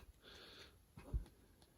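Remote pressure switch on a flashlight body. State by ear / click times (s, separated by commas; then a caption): not seated / none. An Olight Odin's remote pressure-pad switch is fitted onto a different flashlight body, a Warrior X Pro, with soft handling rustle, a low thump near 1.1 s, and faint ticks at 1.3 and 1.6 s. The switch does not lock in place and stays wobbly with no secure latch, so nothing has seated or clicked.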